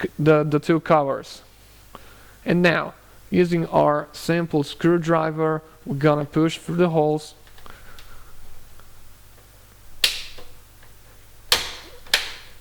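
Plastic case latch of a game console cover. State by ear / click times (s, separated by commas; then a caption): released / 10.0 s, 11.5 s, 12.1 s. Someone talks while pushing a simple screwdriver through the holes in the plastic case of an Xbox 360 game console to release the internal plastic latches holding the two covers together. Sharp clicks are heard at 10.0, 11.5 and 12.1 seconds as the latches click open, releasing the covers.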